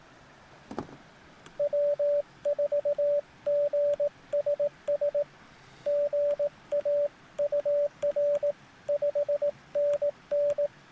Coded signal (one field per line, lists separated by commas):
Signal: Morse code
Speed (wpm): 18 wpm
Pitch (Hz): 580 Hz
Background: radio noise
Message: W4GSS GA UR 5NN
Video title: Parks on the Air - Ham Radio Outdoors - My First CW Activation -Almost-